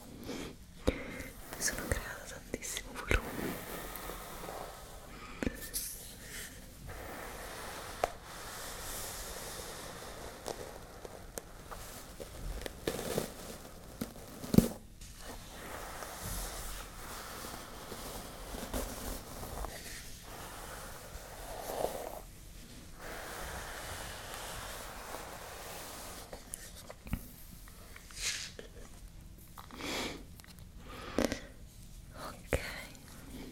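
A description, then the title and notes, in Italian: Fingernails scratch and pick over a crocheted bag, giving dry rustling scrapes with frequent sharp clicks and bursts that come irregularly throughout. Delle unghie fra una borsa fatta all'uncinetto.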